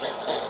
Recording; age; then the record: pig call; piglet (1 to 25 days)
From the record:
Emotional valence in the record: positive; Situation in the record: huddling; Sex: female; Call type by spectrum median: low-frequency call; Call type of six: low-frequency tonal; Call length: 0.49 s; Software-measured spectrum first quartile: 625 Hz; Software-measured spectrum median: 1328 Hz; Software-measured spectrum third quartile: 4001 Hz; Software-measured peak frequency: 634 Hz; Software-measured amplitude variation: 112 dB a second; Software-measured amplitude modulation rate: 19.2 a second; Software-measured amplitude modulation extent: 5.8 dB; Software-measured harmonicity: 0.3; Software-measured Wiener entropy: -1.78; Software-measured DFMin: 979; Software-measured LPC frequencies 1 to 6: 641, 1797, 3528, 4070, 5190, 5928 Hz